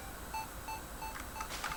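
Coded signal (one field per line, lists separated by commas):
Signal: none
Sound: video game sound effects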